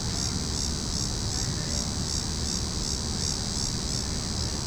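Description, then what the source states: Cicadas buzz in a continuous high, shrill chorus that pulses rapidly, with a steady low rumble underneath. Cicadas calling in a tree.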